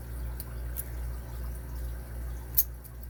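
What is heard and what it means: While a Master No. 3 padlock is being picked, faint light ticks sound at about 0.4 s and 0.8 s over a low steady hum, then the shackle releases from the lock body with a sharp snap at 2.6 s. Pin two has been set and the padlock is open.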